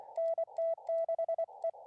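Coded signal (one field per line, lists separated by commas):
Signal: Morse code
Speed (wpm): 25 wpm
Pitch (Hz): 670 Hz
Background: none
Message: NT6E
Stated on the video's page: Live CW Parks on the Air operation from a mountain camp at 10,400 feet.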